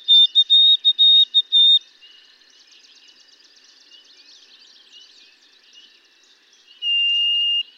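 White-throated sparrow song, a few pure whistled notes at first, then a busy chatter of other birds, ending with one long, slightly lower whistle.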